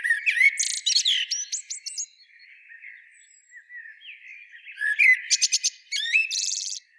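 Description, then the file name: Eurasian blackbird twittering loudly at the start, a soft low warble in the middle, then shrill squeaky notes and buzzy twitters again. "Turdus merula"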